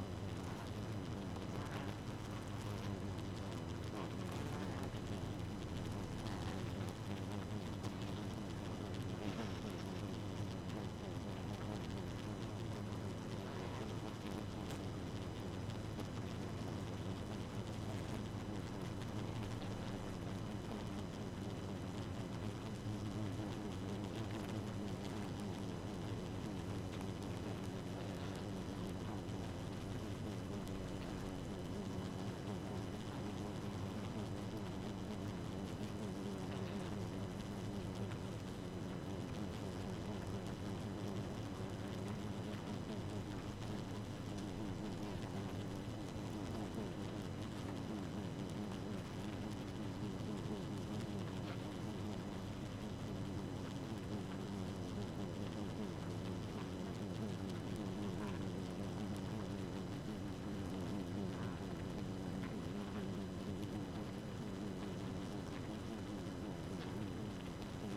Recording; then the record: honeybee colony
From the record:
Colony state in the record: active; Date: 12 June 2018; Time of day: 1:27